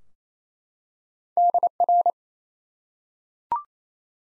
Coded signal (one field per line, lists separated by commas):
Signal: Morse code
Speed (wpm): 27 wpm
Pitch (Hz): 700 Hz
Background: none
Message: DR